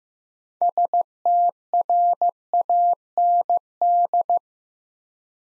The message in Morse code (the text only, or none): STRAND